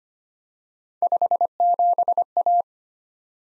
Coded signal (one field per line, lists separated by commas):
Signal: Morse code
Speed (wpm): 25 wpm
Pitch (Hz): 700 Hz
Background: none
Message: 57A